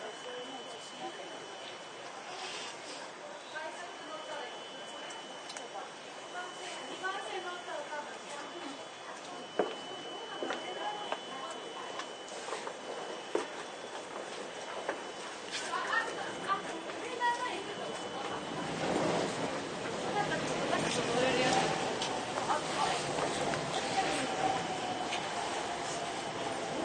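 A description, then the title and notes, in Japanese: Ride aboard a Toei 10-300 series train between Shin-sen Shinjuku and Takaosanguchi, with a steady rumble of the carriage running throughout. Sharp clicks and knocks from the wheels and car body come irregularly, and the noise swells louder after about nineteen seconds, with faint voices in the background. 都営10-300形(3次車) 新線新宿〜高尾山口。車体JR東日本の常磐緩行線用E233系2000番台をベースに製作した。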